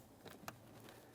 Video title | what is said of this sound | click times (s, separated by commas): How to Replace Front Cabin Air Filter 2008-2017 Mitsubishi Lancer | After an audible click from both sides, we're just going to give this a wiggle. | 0.3 s, 0.5 s